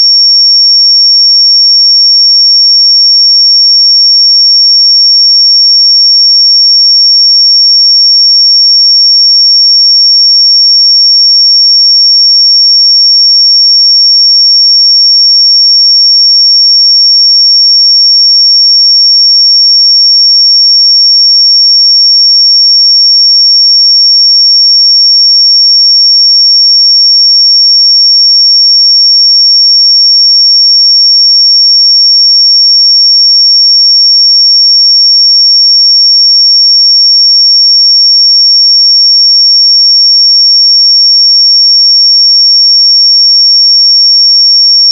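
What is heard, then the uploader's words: A pure sine tone at 5506 Hz holds perfectly steady for the whole clip, a single thin, high, piercing whistle. Its pitch and loudness never waver, there are no breaks or other events, and nothing else is audible behind it. 5506 Hz 1 Hz Interval Sine Pure Tone Frequency 441000 Sample Mono.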